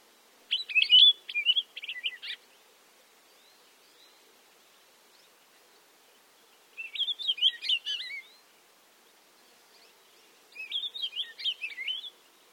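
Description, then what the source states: Palila: songbird warbling in three separate bursts of quick, jumbled, twittering notes, each lasting one to two seconds, with quiet pauses of a few seconds between them. Loud, warbly blurt call, given mainly by males but by both sexes and all ages as a contact call; Hawaii.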